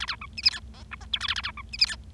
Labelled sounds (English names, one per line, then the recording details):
Bengalese Finch song
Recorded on 25 March 2012 at 15:42
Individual gy6or6